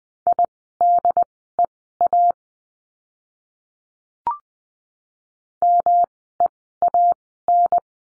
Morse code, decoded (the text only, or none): IDEA MEAN